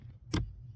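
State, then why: Seated. A plastic wiring harness connector is pushed into the blower motor's socket on a 2000-or-later Toyota Celica after a struggle to get it in. A single sharp click at 0.3 s shows it has seated, over a steady low hum. No one talks during the clip.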